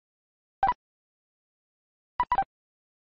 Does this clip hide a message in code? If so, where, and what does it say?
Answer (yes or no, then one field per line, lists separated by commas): no